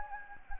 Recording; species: mosquito wingbeat signal from an infrared sensor; Anopheles gambiae